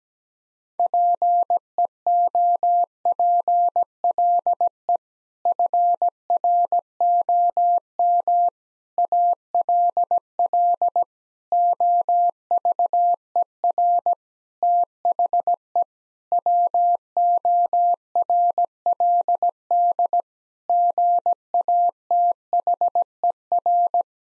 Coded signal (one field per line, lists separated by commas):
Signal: Morse code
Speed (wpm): 17 wpm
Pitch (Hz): 700 Hz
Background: none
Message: PEOPLE FROM ALL OVER THE WORLD GATHER